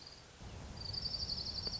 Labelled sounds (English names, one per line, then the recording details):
Orange-crowned Warbler
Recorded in Sonoma County, California